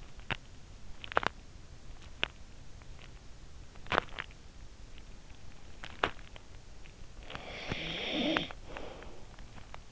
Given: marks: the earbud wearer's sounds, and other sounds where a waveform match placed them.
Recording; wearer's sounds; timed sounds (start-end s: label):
sounds in sleep by an in-ear microphone; teeth grinding, snoring breath
0.00-4.49 s: teeth grinding
5.85-6.55 s: teeth grinding
7.06-9.25 s: snoring breath